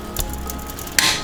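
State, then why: Torque reached. A click-type torque wrench set to 28 tightens a car's oil pan drain plug fitted with a new crush washer, with a faint knock at 0.2 s over a steady low background. The wrench gives a sharp, bright click at 1.0 s, showing it has reached its setting.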